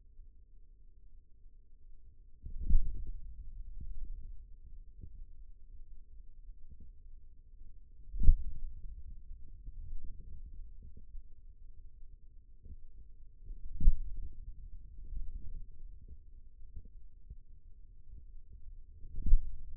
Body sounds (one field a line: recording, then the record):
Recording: forearm muscle sounds (acoustic myography)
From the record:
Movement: finger pinch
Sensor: system 2, bracelet of six BSWA MPA416 microphones around the upper forearm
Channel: 3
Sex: male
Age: 22 years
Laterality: right